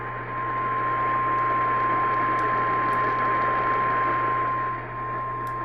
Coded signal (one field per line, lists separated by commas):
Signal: Emergency Alert System (SAME) tones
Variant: 1050 Hz attention tone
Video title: Eas LCH FFW on KLVI-AM Eas#1809